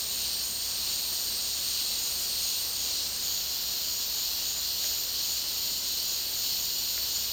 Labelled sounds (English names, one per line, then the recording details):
none
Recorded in dense forest near Puerto Asís, Putumayo, Colombia, on 18 February 2024 at 12:00
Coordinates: 0.485, -76.318
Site G6408